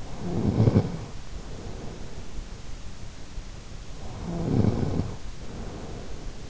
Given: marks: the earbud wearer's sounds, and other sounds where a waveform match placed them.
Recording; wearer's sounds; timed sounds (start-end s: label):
sounds in sleep by an in-ear microphone; snoring breath
0.16-2.37 s: snoring breath
3.74-6.50 s: snoring breath